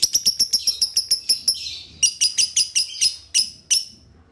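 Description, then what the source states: Lovebird chirps: a fast run of sharp high notes, then slower, spaced chirps. Training recording for tutoring lovebirds; song style called konslet.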